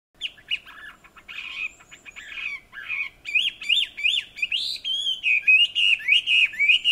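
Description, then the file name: Chinese hwamei song, a rich run of varied chirps giving way to loud, repeated rising-and-falling whistled notes in quick succession. "Garrulax canorus"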